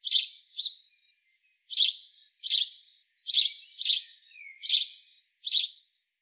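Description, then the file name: House sparrow chirping, eight harsh, bright chirps in loose pairs and singles over six seconds, irregularly spaced, with no other sounds. "Passer domesticus"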